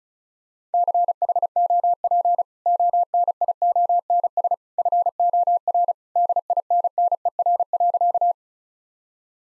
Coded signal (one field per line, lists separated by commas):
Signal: Morse code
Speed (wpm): 36 wpm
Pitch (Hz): 700 Hz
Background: none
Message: CHOP ONIONS FOR DINNER.